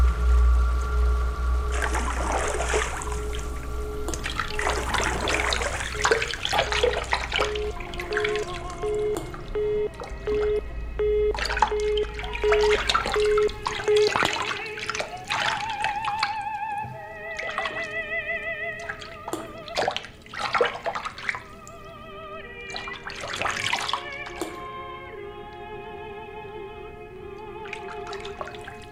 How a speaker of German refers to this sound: Ich liege in der Badewanne. Das Wasser ist warm und meine Arme treiben auf der Oberfläche.